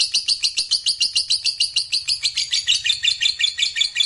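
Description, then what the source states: Lovebird trilling in fast, harsh chattering pulses, steady at first, then turning rougher and more tangled toward the end. Fighter-type lovebird giving a long ngekek trill.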